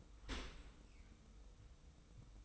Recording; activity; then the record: daily activity, microphone in the room; open dishwasher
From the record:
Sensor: 1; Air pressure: 990.4 hPa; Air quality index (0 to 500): 180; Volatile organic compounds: 1000 ppm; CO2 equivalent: 6645 ppm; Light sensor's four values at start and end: 25/59/25/27 and 25/59/25/27